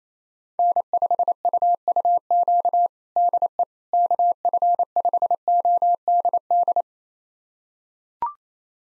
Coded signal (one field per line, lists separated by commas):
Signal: Morse code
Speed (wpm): 27 wpm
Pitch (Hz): 700 Hz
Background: none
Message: N5UUQ DE KF5ODD